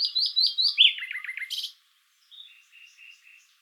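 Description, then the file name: Common nightingale song: a run of repeated high whistled notes, then a quick trill of sharp descending notes, a brief pause and soft quiet phrases. "Luscinia megarhynchos"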